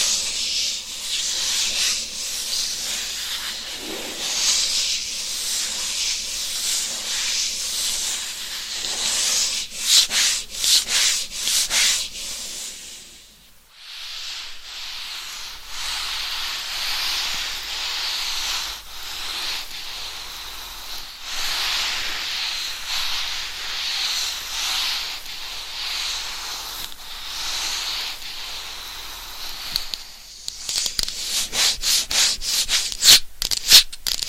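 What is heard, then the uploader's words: Dense scratching of long nails across a microphone fills the clip with bright rasping, pausing briefly near fourteen seconds, then sharper rapid strokes near the end. ASMR Mic Scratching - Brain Scratching with 10 Mics for 100% SLEEP No Talking with Long Nails.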